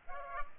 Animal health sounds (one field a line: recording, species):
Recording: mosquito wingbeat signal from an infrared sensor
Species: Culex pipiens